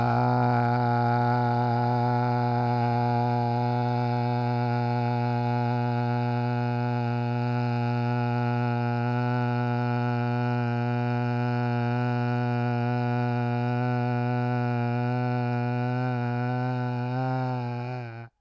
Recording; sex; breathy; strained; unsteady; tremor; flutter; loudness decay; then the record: sustained vowel /a/; male; absent; absent; present; absent; absent; absent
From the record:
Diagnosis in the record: Parkinson's disease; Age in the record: 70 years